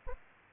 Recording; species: mosquito wingbeat signal from an infrared sensor; Aedes aegypti